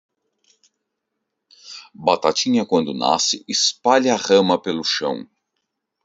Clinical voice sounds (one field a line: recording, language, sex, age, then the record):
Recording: short text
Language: Brazilian Portuguese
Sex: male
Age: 40 to 49 years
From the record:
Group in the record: control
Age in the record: 43 years